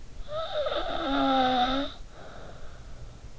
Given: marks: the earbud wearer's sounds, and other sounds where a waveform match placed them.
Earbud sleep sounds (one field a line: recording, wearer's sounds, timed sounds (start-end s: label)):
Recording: sounds in sleep by an in-ear microphone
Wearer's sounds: snoring breath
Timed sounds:
0.00-3.25 s: snoring breath